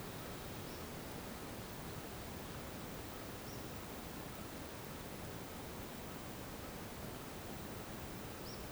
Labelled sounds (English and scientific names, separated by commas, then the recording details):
none
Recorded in pastures near Puerto Asís, Putumayo, Colombia, on 21 March 2025 at 10:30
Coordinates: 0.486, -76.323
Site G075